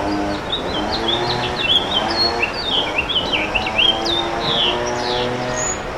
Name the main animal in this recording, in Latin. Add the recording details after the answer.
Haemorhous mexicanus. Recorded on Long Island, New York, on 8 June 2012. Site MB. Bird C